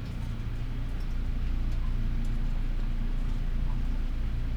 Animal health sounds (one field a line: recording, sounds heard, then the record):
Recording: poultry house recording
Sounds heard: healthy chickens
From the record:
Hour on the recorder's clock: 12